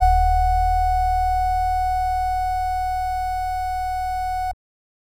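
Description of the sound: A continuous steady flatline tone of a heart monitor, sounding for about four and a half seconds, then stopping.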